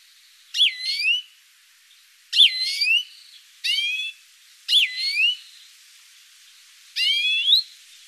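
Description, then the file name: European greenfinch giving several rising call notes with rich harmonics, irregularly spaced. "Chloris chloris"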